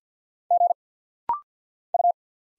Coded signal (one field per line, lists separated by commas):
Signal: Morse code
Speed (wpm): 47 wpm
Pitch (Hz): 700 Hz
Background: none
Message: G U